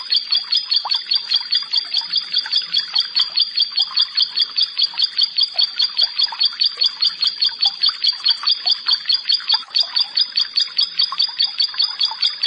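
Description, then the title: Prinia song: a steady, rapid run of bright, ringing high notes repeated without pause for the whole stretch. "Ciblek Sawah"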